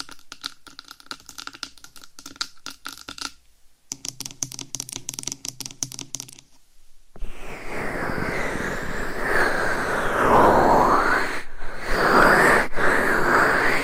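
Quick tapping in dense bursts for about seven seconds, then a loud, rough rubbing of the microphone with sweeping, swelling scratchy sound.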